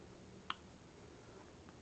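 A folding knife is opened and its blade locks into its compression lock with a single sharp click at 0.5 s, credited to its better detent. A much fainter tick follows at about 1.7 s over a low steady background, and the blade is seated.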